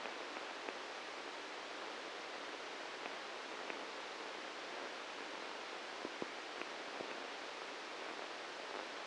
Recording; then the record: brain microelectrode recording played as sound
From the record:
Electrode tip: inside the subthalamic nucleus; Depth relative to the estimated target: 1 mm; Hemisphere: right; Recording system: NeuroSet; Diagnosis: Parkinson's disease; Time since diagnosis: 7 years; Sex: male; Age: 44 years